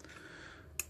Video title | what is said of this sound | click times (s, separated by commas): How to remove slotted panel nuts without special tools. | and there's uh there's a key uh like a flat section so i turn until it locks in place | 0.8 s